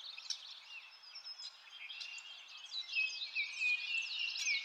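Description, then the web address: Birds singing in a crowded chorus of high chirps and trills, the twittering swelling louder and busier in the second half. Birds in a forest, nature ambience. "lynne-publishing Nature Ambience Birds In a Forest"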